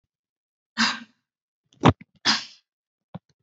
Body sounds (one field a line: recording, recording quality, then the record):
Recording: shallow voluntary cough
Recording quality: excellent, no background noise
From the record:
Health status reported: recovered from COVID-19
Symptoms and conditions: cough, cold, fatigue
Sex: female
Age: 20 years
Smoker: not ticked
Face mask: worn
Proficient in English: yes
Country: India